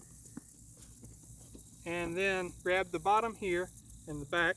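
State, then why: Not seated. Chair seat fabric is stretched into place on a folding chair frame, and a hand grabs the bottom at the back, ready to pull it out and click it home. Someone talks over faint background hiss, and nothing has seated or clicked yet.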